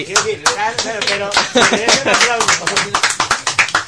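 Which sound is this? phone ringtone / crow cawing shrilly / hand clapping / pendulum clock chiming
hand clapping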